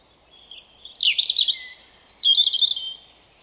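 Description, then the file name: European robin song: bright, high, fluid warbling with a sharp twisting trill and a thin drawn-out whistle, followed by a shimmering final phrase. "Erithacus rubecula"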